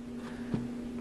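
A small insert is handled at the top of the spindle inside a vintage 45 rpm record tote case, ready to be pushed on until it locks. A steady low hum runs throughout, with a brief soft thump of handling near 0.5 seconds. Nothing has seated or clicked yet.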